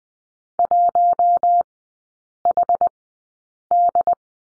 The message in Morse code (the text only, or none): 1HD